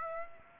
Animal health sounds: mosquito wingbeat signal from an infrared sensor; Aedes aegypti

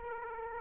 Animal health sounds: mosquito wingbeat signal from an infrared sensor; Aedes aegypti

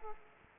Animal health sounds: mosquito wingbeat signal from an infrared sensor; Aedes aegypti

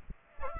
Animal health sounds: mosquito wingbeat signal from an infrared sensor; Aedes aegypti

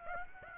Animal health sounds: mosquito wingbeat signal from an infrared sensor; Aedes aegypti

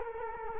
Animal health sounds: mosquito wingbeat signal from an infrared sensor; Culex quinquefasciatus

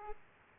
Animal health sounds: mosquito wingbeat signal from an infrared sensor; Aedes aegypti

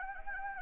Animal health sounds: mosquito wingbeat signal from an infrared sensor; Anopheles gambiae

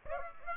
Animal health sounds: mosquito wingbeat signal from an infrared sensor; Aedes aegypti

